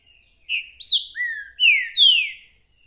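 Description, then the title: Green-winged saltator song: a clean phrase of five bold, down-sweeping whistles, with clear overtones and a quiet background. Calling, singing and acting male ('macheando') in a territorial dispute; a repeater giving one song after another; 'mercenário' song type; meant to warm up the listener's own trinca-ferro. "Esse É PERFEITO Para ESQUENTAR Seu TRINCA Piando, Cantando E Macheando Na DISPUTA. 🔥TRINCA FERRO REPETIDOR !! UM CANTO ATRÁS DO OUTRO!!! TRINCA FERRO MERCENARIO!"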